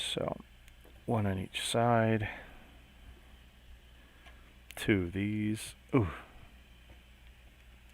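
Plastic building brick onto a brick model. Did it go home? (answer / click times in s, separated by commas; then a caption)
no / none. During a live build, a plastic building brick, one of a pair placed one on each side, is handled over a brick model while someone talks. Nothing has seated or clicked into place yet.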